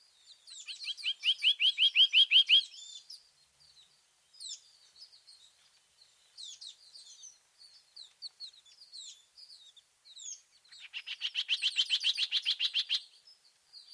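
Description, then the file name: Bird song: a fast, ringing trill, then scattered high twittering notes, then another dense trill of rapidly repeated notes. "chant oiseau"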